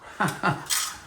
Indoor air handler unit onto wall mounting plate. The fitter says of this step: There it is. Snaps right in place.